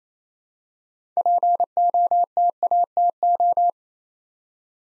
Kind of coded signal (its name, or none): Morse code